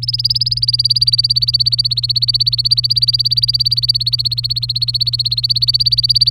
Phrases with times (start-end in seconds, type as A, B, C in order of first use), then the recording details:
0.02-6.31 A. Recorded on 23 April 2018 at 15:43. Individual llb3